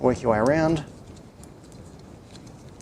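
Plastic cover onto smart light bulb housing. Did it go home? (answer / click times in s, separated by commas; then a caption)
yes / 1.4 s, 1.7 s, 2.4 s, 2.8 s. Someone talks briefly at the start. Then, in a quiet stretch, the plastic cover of a Sonoff smart bulb is aligned and pushed onto the bulb housing, working around the rim. Small plastic clicks at 1.4, 1.7, 2.4 and 2.8 seconds mark the clips engaging as the cover seats fully into place.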